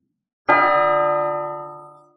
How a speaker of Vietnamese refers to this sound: Tiếng chuông đồng vang xa, từ từ truyền khắp mấy trăm dặm.